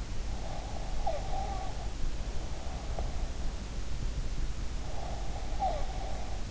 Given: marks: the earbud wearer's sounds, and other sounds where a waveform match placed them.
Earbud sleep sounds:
sounds in sleep by an in-ear microphone; breath
0.44-1.99 s: breath
4.77-6.51 s: breath

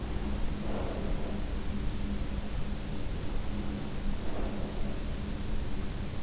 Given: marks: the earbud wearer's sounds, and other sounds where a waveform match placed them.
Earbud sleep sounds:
sounds in sleep by an in-ear microphone; breath
0.62-1.61 s: breath
4.10-4.99 s: breath

